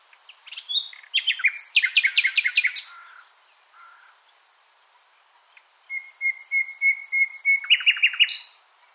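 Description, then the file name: Common nightingale song: a burst of rapid repeated chirps, a pause, then a series of whistled notes running into a fast trill. "Luscinia megarhynchos"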